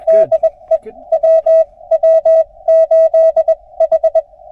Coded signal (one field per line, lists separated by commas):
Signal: Morse code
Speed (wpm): 22 wpm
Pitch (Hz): 690 Hz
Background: none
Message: DE WW8H